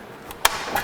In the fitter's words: and we make want to make it kind of clicks back in place